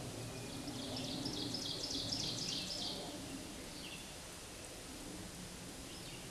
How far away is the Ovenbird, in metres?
about 50 m